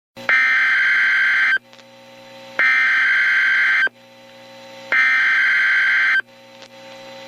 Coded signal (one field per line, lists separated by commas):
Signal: Emergency Alert System (SAME) tones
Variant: header bursts